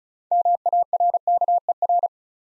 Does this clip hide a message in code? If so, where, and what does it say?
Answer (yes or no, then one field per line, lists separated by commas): yes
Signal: Morse code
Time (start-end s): 0.3-2.1 s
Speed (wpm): 36 wpm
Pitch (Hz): 700 Hz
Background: none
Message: MARKER